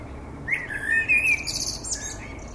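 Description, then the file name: Common blackbird song phrase: mellow whistled notes gliding down and up, followed by a scratchy, high-pitched twittering flourish. "Turdus merula"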